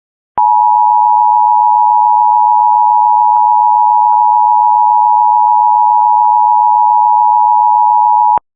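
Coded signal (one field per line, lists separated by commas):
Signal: Emergency Alert System (SAME) tones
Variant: 853 and 960 Hz attention tone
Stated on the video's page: Required Monthly Test originated via CAP and a San Diego radio station, plus a NOAA Weather Radio weekly test, received on an EAR-10 radio.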